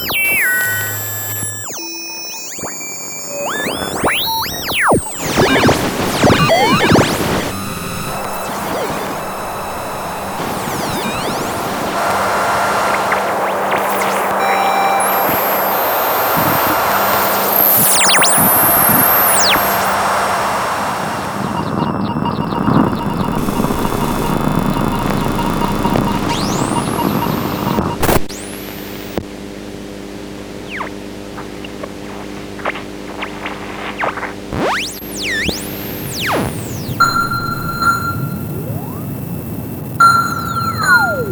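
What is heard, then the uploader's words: A dense collage of radio interference and transmission effects: sweeping tones dive and rise over a hissing, shifting noise bed. Around the middle the static swells into a thick roar, then steady droning tones, sharp clicks and bright pulsing beeps take over near the end. Signal - Communication Sound Effects. A wide range of transmission sound FX, static and evolving noise background sounds, pulsing electric signals, radio interferences and more.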